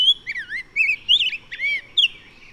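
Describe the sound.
Bird, song: clear, fluty whistles sliding up and down in fast, closely spaced phrases.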